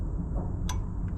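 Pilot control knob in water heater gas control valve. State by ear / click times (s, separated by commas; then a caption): seated / 0.7 s. The pilot knob on a water heater gas control valve is held down after the pilot lights, over a steady low rumble with a faint high whine. At 0.7 s it latches with one sharp click, followed by a fainter tick near 1.1 s. The knob holds and is then released.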